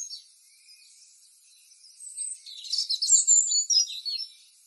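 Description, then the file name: Bird calls, a burst of high chirps and short twittering notes clustered in the last half, faint high hiss throughout. "birds 2017"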